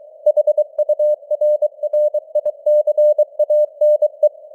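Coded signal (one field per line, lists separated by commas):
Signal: Morse code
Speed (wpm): 23 wpm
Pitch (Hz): 600 Hz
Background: none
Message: HURRICANE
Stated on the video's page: Morse news headlines at 23 wpm with simulated radio noise and varying signal strength (QSB).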